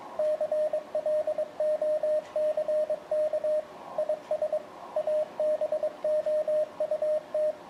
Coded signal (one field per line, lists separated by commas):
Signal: Morse code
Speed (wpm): 24 wpm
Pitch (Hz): 610 Hz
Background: radio noise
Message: CLOCK IS ABOUT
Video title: Code Practice Oscillator; Aka: The Three Arduinos